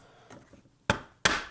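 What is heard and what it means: The plastic roof of a Kiwibit Beako smart bird feeder is pushed down onto two pegs at the back of the feeder body. After some faint handling sounds, two sharp snaps ring out at 0.9 s and 1.3 s as the roof seats into place.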